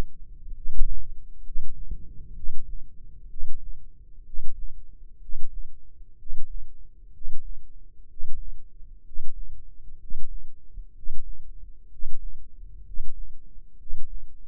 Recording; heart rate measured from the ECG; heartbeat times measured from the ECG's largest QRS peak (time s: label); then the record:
heart sounds by microphone in the left ear; 63 bpm
0.52 s: heartbeat
1.42 s: heartbeat
2.34 s: heartbeat
3.28 s: heartbeat
4.24 s: heartbeat
5.19 s: heartbeat
6.16 s: heartbeat
7.11 s: heartbeat
8.07 s: heartbeat
9.03 s: heartbeat
9.98 s: heartbeat
10.93 s: heartbeat
11.89 s: heartbeat
12.84 s: heartbeat
13.77 s: heartbeat
From the record:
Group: healthy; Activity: rest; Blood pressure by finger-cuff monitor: 111/63 mmHg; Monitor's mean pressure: 79 mmHg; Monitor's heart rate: 63 bpm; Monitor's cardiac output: 7.3 L/min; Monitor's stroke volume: 118 mL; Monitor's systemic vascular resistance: 780 dyn s/cm5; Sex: male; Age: 23 years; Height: 178 cm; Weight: 96.6 kg